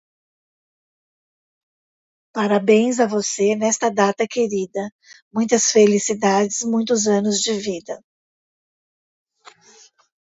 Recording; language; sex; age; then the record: short text; Brazilian Portuguese; female; 50 to 59 years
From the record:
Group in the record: control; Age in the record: 54 years